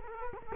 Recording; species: mosquito wingbeat signal from an infrared sensor; Culex quinquefasciatus